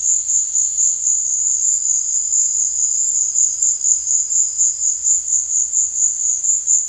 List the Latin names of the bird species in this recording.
none